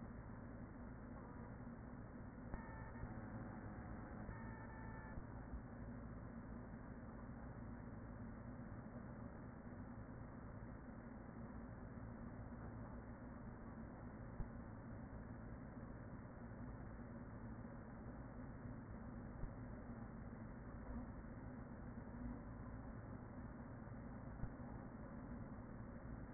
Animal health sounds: honeybee colony, microphone inside the hive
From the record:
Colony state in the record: queen present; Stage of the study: after two queens were removed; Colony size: about 40,000 bees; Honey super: no

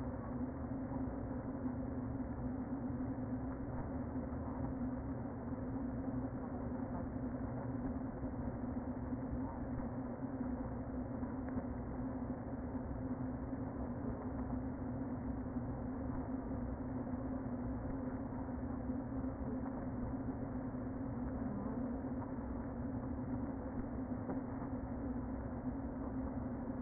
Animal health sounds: honeybee colony, microphone inside the hive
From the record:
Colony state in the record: queen present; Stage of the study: before two queens were removed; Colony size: about 60,000 bees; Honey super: yes

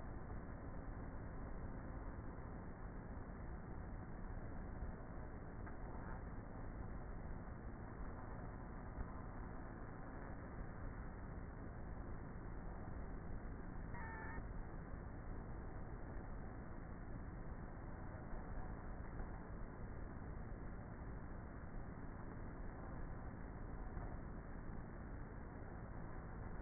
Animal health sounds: honeybee colony, microphone inside the hive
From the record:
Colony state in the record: queenless with a low population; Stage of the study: before two queens were removed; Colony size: about 30,000 bees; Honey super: no

